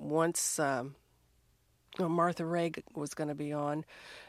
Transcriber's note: none